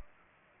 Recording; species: mosquito wingbeat signal from an infrared sensor; Culex pipiens